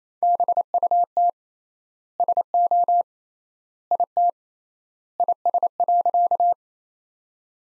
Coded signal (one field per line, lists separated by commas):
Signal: Morse code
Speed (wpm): 27 wpm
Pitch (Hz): 700 Hz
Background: none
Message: BUT SO IT IS.